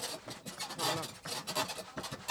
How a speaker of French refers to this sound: Mais comme on est dans cette studio de radio, ce que je ferais, c'est que je les mettrais dans ma chaise, parce qu'on va entendre ma chaise.